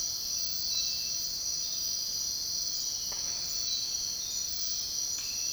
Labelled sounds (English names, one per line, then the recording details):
none
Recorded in dense forest near Puerto Asís, Putumayo, Colombia, on 22 June 2025 at 05:00
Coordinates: 0.499, -76.324
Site G100